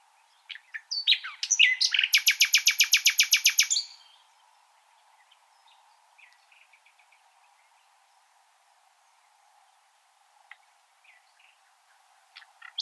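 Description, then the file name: Common nightingale song with a long, rapid, rattling series of identical loud notes lasting about three seconds, then soft scattered notes and single clicks. "Luscinia megarhynchos"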